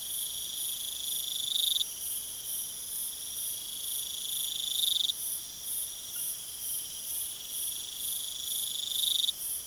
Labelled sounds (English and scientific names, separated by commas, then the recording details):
none
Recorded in pastures near Puerto Asís, Putumayo, Colombia, on 22 June 2025 at 23:30
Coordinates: 0.486, -76.323
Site H29